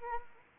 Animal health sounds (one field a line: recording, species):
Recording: mosquito wingbeat signal from an infrared sensor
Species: Anopheles arabiensis